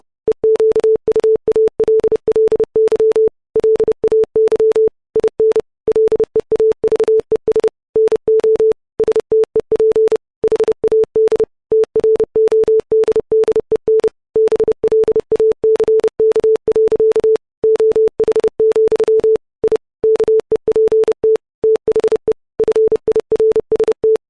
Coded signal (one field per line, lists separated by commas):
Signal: Morse code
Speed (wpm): 30 wpm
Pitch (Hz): 440 Hz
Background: none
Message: EQUALLY LAY IN LEAVES NO STEP HAD TRODDEN BLACK. OH, I KEPT THE FIRST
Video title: Morse Code Sine Wave At 30 WPM